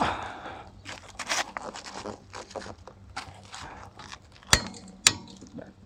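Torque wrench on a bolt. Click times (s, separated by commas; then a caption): 4.5 s, 5.1 s. A click-type torque wrench set to 105 ft-lb is pulled to tighten a steel bolt, with quieter scraping and handling sounds before it. The wrench breaks over with sharp clicks at 4.5 s and 5.1 s, meaning the bolt is torqued to 105 ft-lb.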